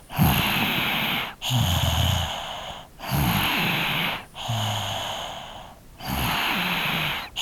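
Noisy breathing cycles, about 20 per minute, with low rattling, snorting vibration: a 3-year-old child snoring in sleep.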